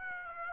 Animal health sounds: mosquito wingbeat signal from an infrared sensor; Aedes aegypti

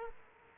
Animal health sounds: mosquito wingbeat signal from an infrared sensor; Aedes aegypti

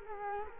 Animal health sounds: mosquito wingbeat signal from an infrared sensor; Culex quinquefasciatus

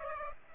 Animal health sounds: mosquito wingbeat signal from an infrared sensor; Aedes aegypti

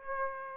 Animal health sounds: mosquito wingbeat signal from an infrared sensor; Aedes aegypti

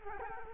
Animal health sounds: mosquito wingbeat signal from an infrared sensor; Culex quinquefasciatus

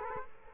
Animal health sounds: mosquito wingbeat signal from an infrared sensor; Culex quinquefasciatus

